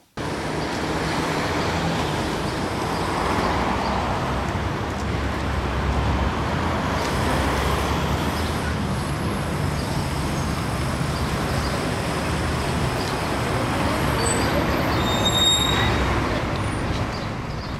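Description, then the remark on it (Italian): Steady street ambience recorded on Via Monterosa on a weekday between 8 and 10, dominated by a continuous low rumble of passing traffic, with engines swelling and fading like gusts of wind, a faint high whine late on, and no voices. “Proviamo a sentire un breve estratto di Via Monterosa.”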